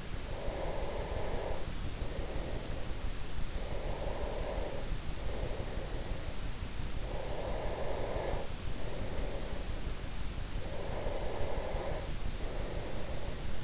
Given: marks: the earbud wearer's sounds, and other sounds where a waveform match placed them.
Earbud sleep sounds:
sounds in sleep by an in-ear microphone; breath
0.27-6.73 s: breath
6.96-10.04 s: breath
10.61-13.64 s: breath

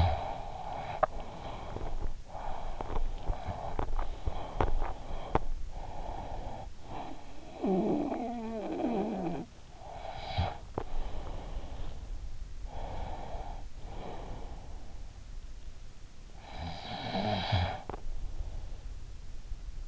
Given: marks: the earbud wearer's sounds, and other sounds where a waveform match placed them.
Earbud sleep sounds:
sounds in sleep by an in-ear microphone; snoring breath, teeth grinding, breath
0.00-2.65 s: snoring breath
2.65-5.63 s: teeth grinding
5.63-7.47 s: breath
7.41-12.14 s: snoring breath
12.14-15.29 s: breath
16.13-19.84 s: snoring breath

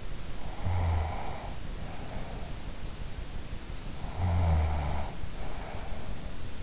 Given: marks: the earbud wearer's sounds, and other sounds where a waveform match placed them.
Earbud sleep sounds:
sounds in sleep by an in-ear microphone; snoring breath
0.58-2.54 s: snoring breath
4.15-6.11 s: snoring breath

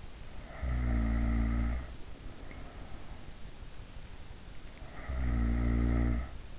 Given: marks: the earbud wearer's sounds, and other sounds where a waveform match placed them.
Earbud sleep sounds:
sounds in sleep by an in-ear microphone; snoring breath
0.46-1.77 s: snoring breath
4.77-6.59 s: snoring breath

